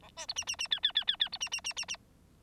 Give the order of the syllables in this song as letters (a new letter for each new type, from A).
A B C D D D E E E E E C D D D D D